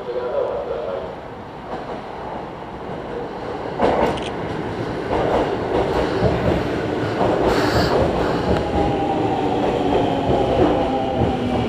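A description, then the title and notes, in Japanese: Waiting on a station platform as a train arrives. A dense, rumbling roar of wheels and motion builds and stays loud, with sharp clanks and squeals around four and seven to eight seconds, and a faint high tone drifting across near the end. 東海道本線 浜松→豊橋。6:20発の豊橋行きに乗車して。多少は通勤通学ラッシュにも入りこみます。ホームで列車がくるのを待ちながら乗りこむ。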